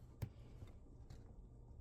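During a leak repair, a removable dishwasher component is being pushed back into the dishwasher, with a brief sharp tick near 0.2 s and faint handling noise over a low background hum. The part has not seated or clicked into place yet.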